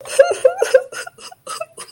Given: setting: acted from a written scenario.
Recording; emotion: vocal sound without words; sadness